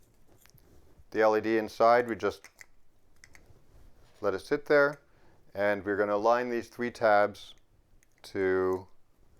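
A lens ring is handled over the head of a Lumicrest Apturi LED par light, with its three tabs being lined up with the holes they came out of while the lens rests on top of the LED. Someone talks, and a few faint, brief handling taps are heard. Nothing has seated or clicked yet.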